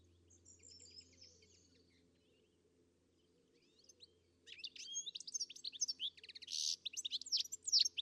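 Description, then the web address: Bird song: soft high whistled notes at first, then after a quiet gap a louder burst of rapid chirps, buzzy notes and trills; low hum throughout. "Deverinetal. Bird Only"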